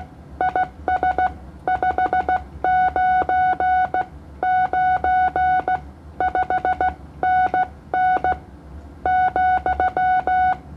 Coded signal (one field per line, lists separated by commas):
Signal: Morse code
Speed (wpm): 15 wpm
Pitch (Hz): 740 Hz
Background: none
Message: IS 599 5NN ,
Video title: CW 15m Band Indonesia ke Philipina 20 watt